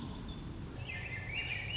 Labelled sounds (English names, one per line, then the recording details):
Swainson's Thrush
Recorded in Sonoma County, California